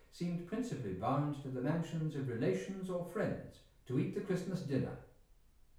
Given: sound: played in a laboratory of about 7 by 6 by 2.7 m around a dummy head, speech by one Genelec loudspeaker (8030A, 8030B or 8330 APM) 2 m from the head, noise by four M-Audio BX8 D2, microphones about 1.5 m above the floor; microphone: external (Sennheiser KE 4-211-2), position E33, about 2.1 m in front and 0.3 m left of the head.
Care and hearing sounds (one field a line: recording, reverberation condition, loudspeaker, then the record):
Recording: male speech in English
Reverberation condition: medium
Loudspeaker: behind (180 degrees)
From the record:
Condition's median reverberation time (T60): about 510 ms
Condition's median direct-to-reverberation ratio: about -0.5 dB